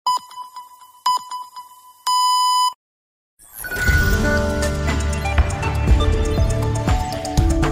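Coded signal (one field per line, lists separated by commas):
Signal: radio time signal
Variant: Cadena COPE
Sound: three short tone pips about 1 kHz, one longer pip, brief silence, then music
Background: music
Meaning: The final long pip marks the exact hour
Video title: Cadena COPE- Señales horarias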